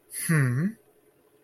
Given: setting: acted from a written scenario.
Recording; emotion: vocal sound without words; confusion